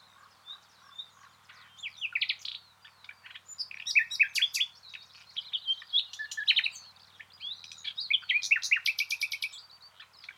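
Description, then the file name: Common nightingale song with varied chattering phrases, rapid trills and repeated sharp notes. "Luscinia megarhynchos"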